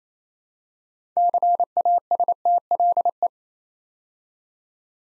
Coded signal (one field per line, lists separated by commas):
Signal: Morse code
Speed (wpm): 28 wpm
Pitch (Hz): 700 Hz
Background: none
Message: CASTLE